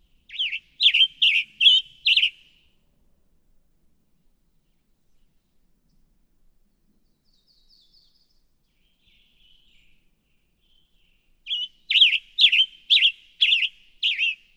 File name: Western Tanager